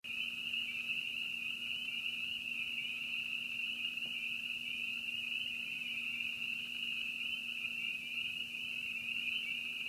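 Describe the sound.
Cricket giving a steady, unbroken high-pitched trill that runs throughout, over a low constant hum.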